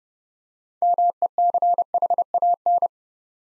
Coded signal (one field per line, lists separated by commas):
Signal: Morse code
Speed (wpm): 30 wpm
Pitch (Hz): 700 Hz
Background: none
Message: MECHAN